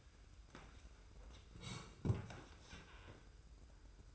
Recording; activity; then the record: daily activity, microphone in the room; sit down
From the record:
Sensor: 2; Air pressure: 990.4 hPa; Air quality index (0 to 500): 182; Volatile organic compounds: 1000 ppm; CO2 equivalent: 5772 ppm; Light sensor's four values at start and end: 30/67/28/28 and 28/65/27/27